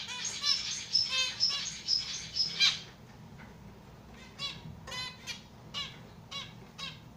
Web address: amadiny kusayut i poyut. lonchura striata domestica